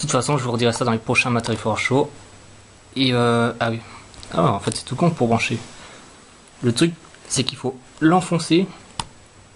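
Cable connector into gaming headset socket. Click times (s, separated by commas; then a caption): 9.0 s. A headset cable connector for a Tritton AX Pro+ gaming headset is pushed into its socket on the headset or amp unit while someone talks. A short, sharp click at 9.0 s marks the connector seating, after which it is turned slightly to the right.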